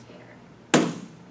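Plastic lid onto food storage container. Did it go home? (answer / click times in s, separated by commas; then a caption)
yes / 0.7 s. A tight-fitting plastic lid is pressed onto a food storage container and snaps shut with one sharp snap at 0.7 s, which tells you the lid is tight and seated. The snap rises sharply out of a quiet background and fades over about a quarter second. There is no talk in the clip.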